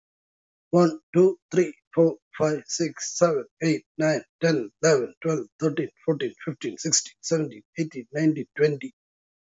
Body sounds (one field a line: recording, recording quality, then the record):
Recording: counting at a fast pace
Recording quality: excellent, no background noise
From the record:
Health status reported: healthy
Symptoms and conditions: hypertension, diabetes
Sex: male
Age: 59 years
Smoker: not ticked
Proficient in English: yes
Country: India